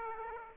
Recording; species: mosquito wingbeat signal from an infrared sensor; Aedes aegypti